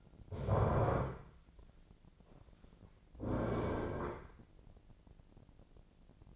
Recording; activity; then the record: daily activity, microphone in the room; stand up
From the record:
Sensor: 5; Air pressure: 1009.3 hPa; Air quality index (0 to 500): 160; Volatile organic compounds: 2 ppm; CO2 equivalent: 1225 ppm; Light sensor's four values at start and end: 244/588/247/268 and 243/586/246/267